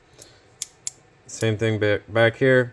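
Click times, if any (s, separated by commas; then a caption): none. The locking flex head of a metal ratchet, locked in the straight position in its hinge, is pushed, and its locking teeth fail to hold. The head snaps out of position with sharp metallic ticks at about 0.2, 0.6 and 0.9 seconds, and then someone talks. Nothing has seated or clicked into a held position yet.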